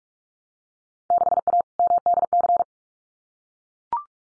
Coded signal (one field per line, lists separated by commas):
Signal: Morse code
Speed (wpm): 44 wpm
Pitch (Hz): 700 Hz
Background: none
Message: 6A MDC